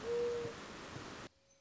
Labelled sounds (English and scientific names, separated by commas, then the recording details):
Mourning Dove (Zenaida macroura)
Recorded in Sonoma County, California